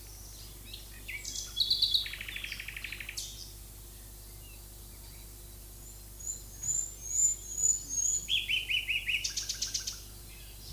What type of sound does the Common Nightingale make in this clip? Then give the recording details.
song. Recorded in the wild. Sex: male. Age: adult. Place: Lübars, Berlin, DE. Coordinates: 52.6167, 13.35. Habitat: wood. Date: 2004-05-02 12:34. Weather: overcast, 16°C. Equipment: Fair Mate ST-1328 (Asahi Electronics, Japan), Sennheiser ME 80, Kopie Uher 4000 Report Monitor. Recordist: Tembrock, Günter